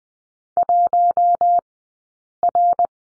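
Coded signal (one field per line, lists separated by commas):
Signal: Morse code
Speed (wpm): 20 wpm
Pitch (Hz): 700 Hz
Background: none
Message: 1R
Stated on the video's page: Morse code course lesson on letter R, two-character groups, Farnsworth speed 20/10 wpm.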